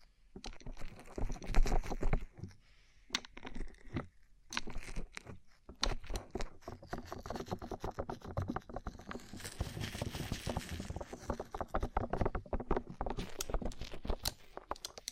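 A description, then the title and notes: Quick tapping on rhinestones, dense clusters of small clicky hits with a crunchy, scraping edge. After a short pause near the four-second mark, the tapping resumes and runs steadily to the end, brighter and more continuous, with a faint airy hiss around ten seconds. ASMR Rhinestone Covered Tapping 3Dio (No Talking).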